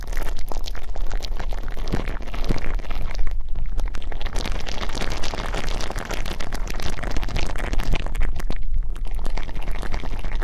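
Ear cleaning sounds fill the whole stretch with dense, constant crackling and scratching, broken by sharp pops and brief bursts at irregular moments. A deep rumble runs underneath throughout, and the loudness stays high and fairly even, dipping briefly near three and a half seconds.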